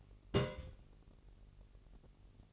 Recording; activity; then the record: daily activity, microphone in the room; place on stove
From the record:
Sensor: 4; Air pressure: 1002.9 hPa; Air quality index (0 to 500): 233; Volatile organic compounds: 9 ppm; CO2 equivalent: 2190 ppm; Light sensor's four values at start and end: 7/15/6/6 and 7/15/6/6